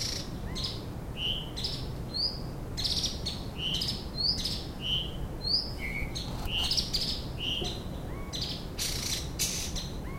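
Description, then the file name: White-tailed flycatcher giving short whistled notes, several sharply upslurred, repeated at irregular intervals, with frequent brief crackling noise bursts and a constant low rumble behind. Subspecies cyaneus. "flycatcher-white-tailed -Cyornis-concretus-cyaneus"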